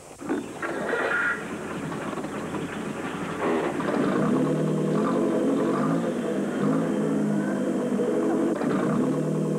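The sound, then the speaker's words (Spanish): A car engine revs hard and steadily with a whirring, wavering drone, its pitch climbing and holding as the rear wheels spin freely off the ground with the car up on a jack, unable to move. No one speaks. “Yo creía que incluso un novato se habría percatado de que el coche no puede avanzar si está puesto el gato y las ruedas traseras no tocan el suelo.”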